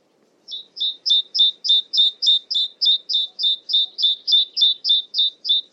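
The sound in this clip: Great tit repeating a crisp two-note figure, high then lower, about eighteen times in an even unbroken run at roughly three per second.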